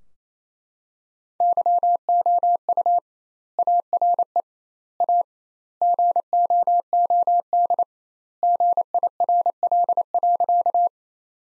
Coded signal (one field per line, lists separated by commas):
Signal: Morse code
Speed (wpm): 28 wpm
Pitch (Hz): 700 Hz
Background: none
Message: YOU ARE A GOOD GIRL.